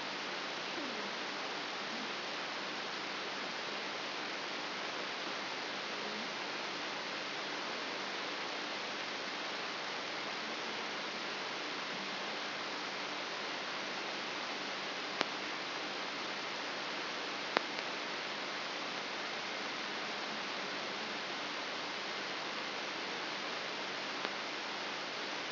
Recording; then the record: brain microelectrode recording played as sound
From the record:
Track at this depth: inside the subthalamic nucleus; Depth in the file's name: 2.504 mm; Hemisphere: left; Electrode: 3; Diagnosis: Parkinson's disease